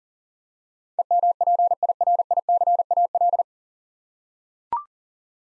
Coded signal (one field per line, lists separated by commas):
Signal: Morse code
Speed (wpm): 37 wpm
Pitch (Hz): 700 Hz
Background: none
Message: EMPIRICAL